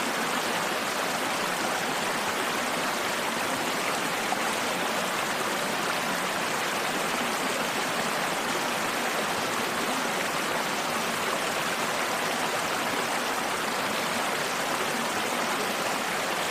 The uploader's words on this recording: Field Recording: Sounds of a Stream Emerging from the Mouth of a Cave. The sounds of a stream at the mouth of a cave in the South Cumberland Plateau.